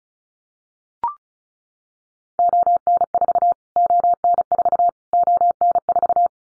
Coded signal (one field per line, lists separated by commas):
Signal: Morse code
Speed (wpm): 34 wpm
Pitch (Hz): 700 Hz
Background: none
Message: ON4 ON4 ON4